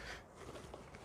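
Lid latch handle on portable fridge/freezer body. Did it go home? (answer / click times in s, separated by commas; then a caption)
no / none. Someone handles the lid latch handle on a SnoMaster SMDZ-LS55 portable fridge/freezer body, pressing the lid down so its push-clip handles can lock. Low rustling handling noise is heard, with brief sharp sounds at about 0.7 s and 0.9 s. Nothing has seated or clicked yet.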